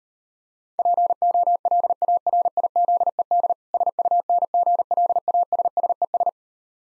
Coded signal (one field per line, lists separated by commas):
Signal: Morse code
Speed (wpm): 39 wpm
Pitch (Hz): 700 Hz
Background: none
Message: POLARIZED SUNGLASSES